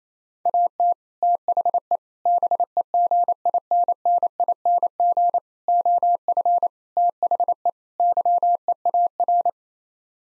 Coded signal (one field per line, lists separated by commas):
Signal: Morse code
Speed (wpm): 28 wpm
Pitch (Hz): 700 Hz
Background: none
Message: AT THE BEGINNING OF THE YEAR